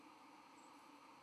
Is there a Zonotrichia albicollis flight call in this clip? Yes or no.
no